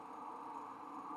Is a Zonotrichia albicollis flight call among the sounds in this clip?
no